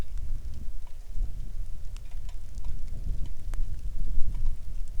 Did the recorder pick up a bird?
no